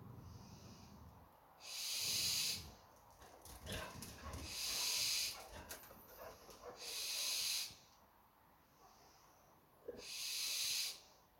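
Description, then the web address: Western barn owl giving four harsh, hissing screeches, each about a second long and spaced a few seconds apart, with faint rustles and clicks between them. Recorded 21 August 2020 at 23:19. "Som-21-08-2020-23 h 19 de-coruja-das-torres"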